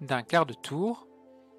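Someone talks over faint background music while an M.2 NVMe SSD is inserted into the motherboard slot from the left and held in place by turning a tool-less plastic retention clip a quarter turn. The speech ends around 1.0 s, leaving a quiet, steady tone. Nothing has seated or clicked yet.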